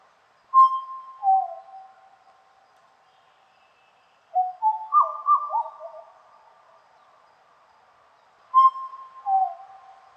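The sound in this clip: Black butcherbird song: rich fluting whistles, a clear note dropping to a lower slur, then a burst of gurgling warbled phrases, with the whistled opening returning after a quiet gap.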